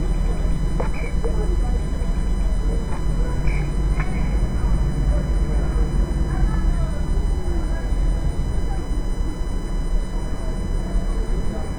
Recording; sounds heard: poultry house recording; healthy chickens